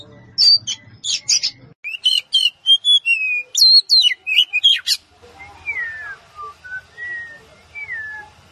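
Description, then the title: Oriental magpie-robin song, loud chirps and clear whistled notes delivered rapidly, then softer, slow, wavering whistles drifting up and down. "Kacer"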